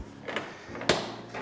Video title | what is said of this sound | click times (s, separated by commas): Innova Heating: How to Install the Decor Plates | it's the same process you got to make sure you're applying a little bit of downward pressure and you can hear it snapping in | 0.4 s, 0.9 s